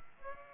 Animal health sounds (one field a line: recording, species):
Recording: mosquito wingbeat signal from an infrared sensor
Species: Aedes aegypti